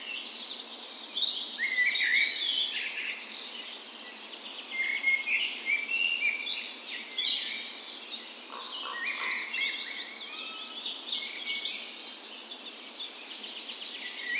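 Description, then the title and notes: Birds in a busy dawn chorus, overlapping trills, chirps and warbled phrases, with a lower fluty phrase cutting through partway along. Dawn chorus in a park west in Bergen, Norway, on the morning of 17 May, Norway's National Day, in spring; recorded on a Sony PCM A10 with LOM Usi microphones used as tree ears. "17th Of May Dawn Chorus. Recorded on the morning of Norways National Day the 17th of May in a park west in Bergen. Spring is in full effect, and the dawn chorus sounds wonderful!"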